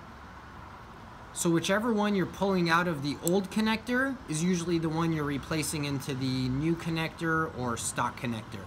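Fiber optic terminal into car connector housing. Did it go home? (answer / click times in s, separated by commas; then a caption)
no / none. A fiber optic terminal is handled near the plastic housing of a fiber optic connector on a BMW, Porsche or Mercedes car, ready to be pushed back in. A low steady hum fills the first 1.4 seconds, then someone talks through to the end. Nothing has seated or clicked yet.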